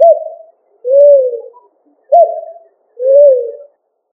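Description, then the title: Pigeon giving low, soft coos in two pairs, each a brief upturned note followed by a drawn-out, gently arching coo, with silence between. "ColumbidaePomba"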